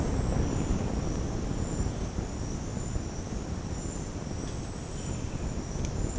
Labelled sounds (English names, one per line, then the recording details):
none
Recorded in secondary vegetation near Puerto Asís, Putumayo, Colombia, on 19 March 2025 at 08:00
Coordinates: 0.481, -76.318
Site G097